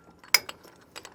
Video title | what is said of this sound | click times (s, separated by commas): etrailer - The Low-Down on the Roadmaster Sterling All-Terrain Tow Bar | and once latch you can audibly hear that you know that it's going to be in this stowed position | 0.3 s